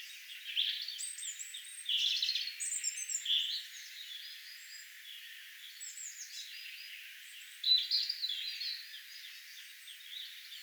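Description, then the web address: European robin singing high, liquid warbled phrases in several bursts, mixing thin whistles with rapid twitters, separated by short quieter gaps. Song given in a particular manner, recorded 6 May 2025. "6 5 2025 tuolla tavoin laulava punarinta"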